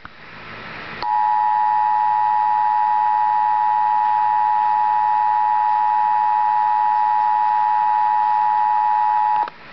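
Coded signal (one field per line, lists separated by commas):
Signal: Emergency Alert System (SAME) tones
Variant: 853 and 960 Hz attention tone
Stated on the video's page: Real Tornado Warning alert from the National Weather Service.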